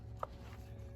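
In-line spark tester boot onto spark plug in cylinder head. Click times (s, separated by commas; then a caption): 0.2 s. An in-line spark tester's boot is pushed down the spark plug hole of an E46 BMW 325xi cylinder head onto the slick spark plug terminal. A single short, sharp click sounds at 0.2 s over a steady low background hum. The click shows the boot has seated all the way down on the plug.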